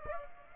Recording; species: mosquito wingbeat signal from an infrared sensor; Aedes aegypti